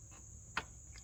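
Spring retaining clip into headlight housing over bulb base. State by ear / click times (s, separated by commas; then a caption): seated / 0.6 s. A metal spring retaining clip is swung back over the base of a new LED headlight bulb in the headlight housing and latched down. A single short, sharp click sounds at 0.6 s over a steady high-pitched background tone, with faint softer ticks before and after. The clip seats.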